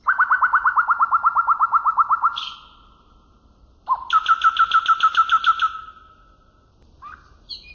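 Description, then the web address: Common nightingale song: a rapid, steady trill of repeated notes, a high buzzy flourish, then a second, denser rattle-like run and a few faint closing notes. Western nightingale song, used for training canaries. "canto do rouxinol ocidental para treinar canarios"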